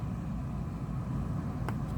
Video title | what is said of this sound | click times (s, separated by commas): Samsung S8 Plus on/off and volume button removal | one there, you kind of hear it click a bit. | 1.7 s